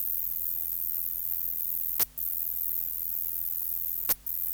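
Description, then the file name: Large saw-tailed bush-cricket song, a steady high-pitched hissing buzz, broken twice by short clicks and gaps about two seconds apart, over a low constant hum. "Polysarcus denticauda"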